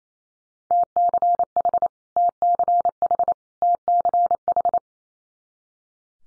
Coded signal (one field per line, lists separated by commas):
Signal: Morse code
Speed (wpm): 28 wpm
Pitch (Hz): 700 Hz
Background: none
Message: TCH TCH TCH